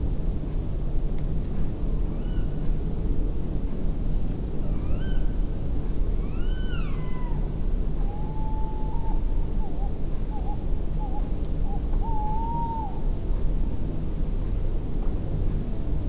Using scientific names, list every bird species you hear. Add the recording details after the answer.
Strix aluco. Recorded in France